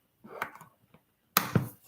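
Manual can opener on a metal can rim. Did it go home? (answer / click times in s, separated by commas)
yes / 1.4 s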